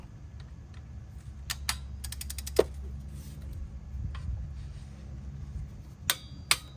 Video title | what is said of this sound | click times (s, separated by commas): How to Change Transmission Fluid Filter 2010-2013 Acura ZDX DIY tutorial installation instructions | You hear that click? | 6.1 s, 6.5 s